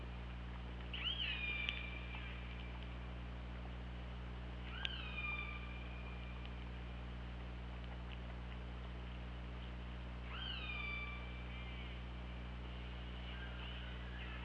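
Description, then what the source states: Killer whale calls, three separate harmonic calls spaced several seconds apart, each starting with a quick upward sweep and then settling into a flat tone, over low continuous hum. Underwater hydrophone recording from OrcaLab, made on 24 August 2017 at 21:18.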